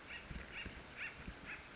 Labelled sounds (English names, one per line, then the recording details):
Acorn Woodpecker
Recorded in Sonoma County, California